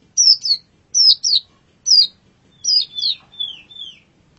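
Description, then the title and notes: Long-tailed shrike song: clear high whistled notes, mostly in pairs, sliding downward, then softer falling whistles, with short gaps between phrases. Model song used for training birds. "Masteran Burung Cendet"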